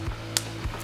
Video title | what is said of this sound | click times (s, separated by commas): EBMX X-9000 Controller Installation Instructions | should clip right together and you should hear a snap | 0.4 s